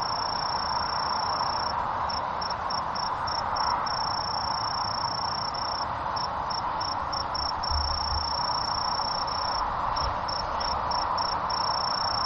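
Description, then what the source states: Sword-tail cricket giving a sustained high ringing trill, interrupted by clusters of short stuttering pulses several times, against constant background hiss. Recorded on 16 June 2014.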